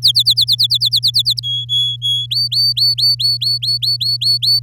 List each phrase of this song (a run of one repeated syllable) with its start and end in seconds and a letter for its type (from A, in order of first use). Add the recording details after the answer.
0.02-1.40 A, 1.43-2.26 B, 2.31-4.59 C. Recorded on 8 May 2018 at 12:56. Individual llb16